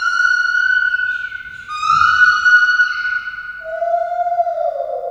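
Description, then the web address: White-handed gibbon giving long whistled notes: a steady high tone, a slightly higher one, then a lower note at the end. Captive animal at a zoo in Debrecen, Hungary; 2012; made with a Marantz recorder. "allathangok debrecenizoo 2012. feherkezugibbon"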